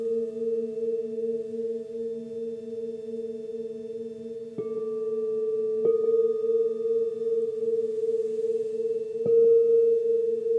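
Crystal and Tibetan bowls hum in a steady, pure ringing drone, with fresh strikes near five, six and nine seconds adding brighter tones.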